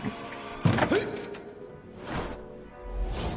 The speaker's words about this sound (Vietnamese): Vừa quay lưng bước, Toàn lại nghe tiếng lộc cộc, có tiếng gõ cửa từ phía sau cánh cửa của chính phòng Toàn vang lên.